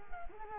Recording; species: mosquito wingbeat signal from an infrared sensor; Culex quinquefasciatus